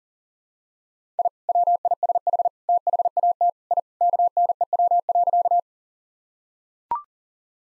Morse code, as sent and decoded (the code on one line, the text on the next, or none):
.. / .-- .. ... .... / - .... .- - / .. / -.- -. . .-- .-.-.-
I WISH THAT I KNEW.